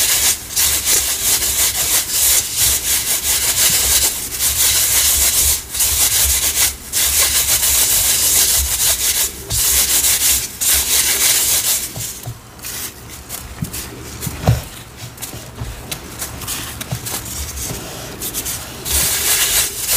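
Cornstarch and chalk powder are sifted and mixed in a dense, steady gritty rustle, with brief quieter gaps and soft taps near 14 seconds.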